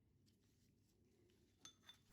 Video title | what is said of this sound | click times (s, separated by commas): V6 SAAB POWER STEERING PUMP LEAKS & RESEAL | Notice how this fitting clicks in, meaning the O-ring size is correct. | 1.7 s